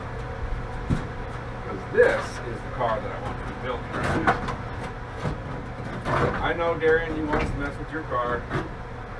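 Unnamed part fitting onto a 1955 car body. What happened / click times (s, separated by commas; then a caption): The part is handled but has not seated yet / none. A part is being handled on a 1955 car body project while someone talks over a steady low hum, with a few soft knocks and shuffles. Nothing has seated or clicked yet; the clip ends before the part pops into place.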